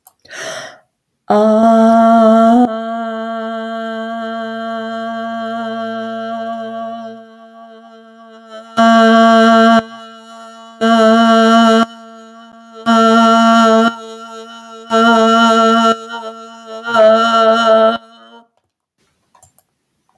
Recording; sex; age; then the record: vowel held as long as possible; female; 70 to 79 years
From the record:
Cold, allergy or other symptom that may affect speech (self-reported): no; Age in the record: 72 years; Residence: North Carolina, United States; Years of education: 16